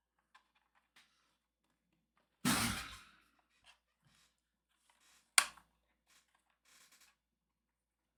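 A plastic part from a dollhouse model kit is pushed into its slot on the house structure. After a few faint ticks and a brief broadband rushing noise around 2.4–3.2 s, one sharp, loud click rings out at 5.4 s with a faint tick just after. The part snaps and seats firmly in place.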